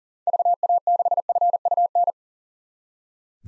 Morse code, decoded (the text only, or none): VA6FUN